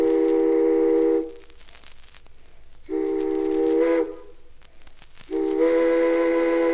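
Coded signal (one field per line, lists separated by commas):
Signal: train horn signal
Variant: steam locomotive whistle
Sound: long steam whistle blasts, at least 3, with gaps of about 1.5 seconds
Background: outdoor ambience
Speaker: flag men may return from west or south and number 12 flagmen may return from eastern north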